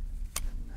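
Two polypropylene sheath pieces of a spear head are pressed onto its bottom sheath, giving a sharp plastic click at 0.4 s over a low background rumble. The pieces seat and are held securely.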